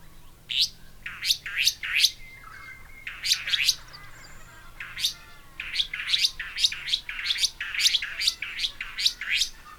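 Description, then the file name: Restless flycatcher calls: harsh sweeping notes given in short groups separated by pauses, then a longer unbroken run. "Myiagra Inquieta"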